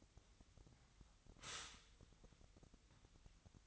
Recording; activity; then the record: daily activity, microphone in the room; stop toaster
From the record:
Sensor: 3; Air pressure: 1001.9 hPa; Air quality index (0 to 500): 245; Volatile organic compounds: 49 ppm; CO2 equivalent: 3277 ppm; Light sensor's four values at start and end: 13/40/17/15 and 13/40/17/15